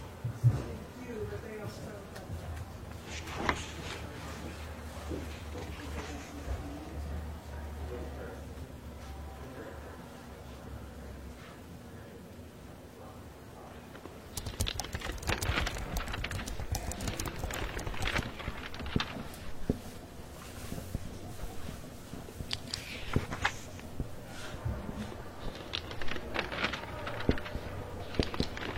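Library ambience with a steady low hum and soft scattered taps and rustles through the first half. Around the fourteen-second mark it grows busier and louder, with dense clicking like typing, brisk scratches of writing and page turns, and faint voices murmuring underneath.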